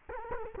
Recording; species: mosquito wingbeat signal from an infrared sensor; Culex quinquefasciatus